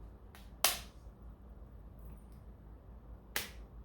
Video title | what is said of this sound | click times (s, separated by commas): The Complete HOW TO Guide - Mounjaro Injection - Q&A Series | second click | 0.6 s, 3.4 s